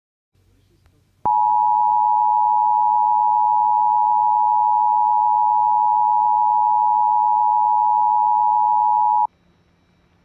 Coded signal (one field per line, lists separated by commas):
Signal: Emergency Alert System (SAME) tones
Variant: 853 and 960 Hz attention tone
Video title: WXJ55 PULLS A CRS EAS Alerts From 3/27/21 (EAS $415-422)